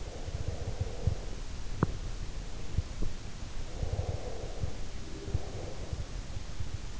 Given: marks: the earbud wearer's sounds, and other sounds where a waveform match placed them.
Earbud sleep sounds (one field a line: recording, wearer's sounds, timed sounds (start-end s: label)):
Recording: sounds in sleep by an in-ear microphone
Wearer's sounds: breath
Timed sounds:
0.00-1.50 s: breath
3.57-6.14 s: breath